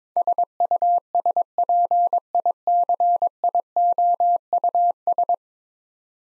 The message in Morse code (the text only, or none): SUSPICIOUS